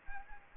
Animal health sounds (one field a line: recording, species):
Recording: mosquito wingbeat signal from an infrared sensor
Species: Anopheles gambiae